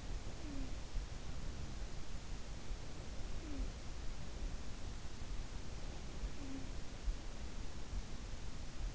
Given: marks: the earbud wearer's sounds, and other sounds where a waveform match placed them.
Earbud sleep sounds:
sounds in sleep by an in-ear microphone; talking in sleep
0.00-1.34 s: talking in sleep
2.78-4.32 s: talking in sleep
5.81-7.49 s: talking in sleep

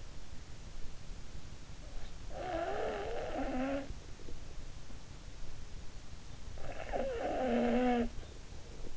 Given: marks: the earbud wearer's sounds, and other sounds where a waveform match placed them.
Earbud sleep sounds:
sounds in sleep by an in-ear microphone; snoring breath
2.28-4.78 s: snoring breath
6.53-8.97 s: snoring breath

